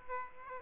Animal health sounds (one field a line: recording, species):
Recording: mosquito wingbeat signal from an infrared sensor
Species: Aedes aegypti